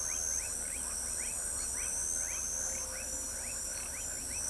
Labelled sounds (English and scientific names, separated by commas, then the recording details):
none
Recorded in pastures near Pivijay, Magdalena, Colombia, on 2 June 2023 at 20:00
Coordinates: 10.456, -74.369
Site P6-G026